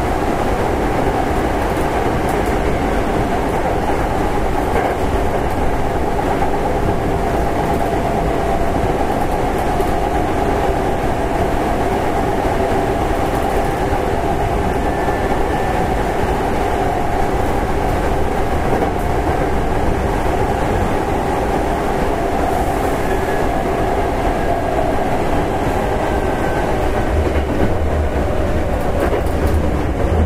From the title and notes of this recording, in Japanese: 阪急6000系 宝塚線急行 梅田から宝塚まで。It is running sound of Hankyu Railway 6000 series train.I recorded on the express train of Takarazuka Line.The section is from Umeda to Takarazuka.電車の走行音。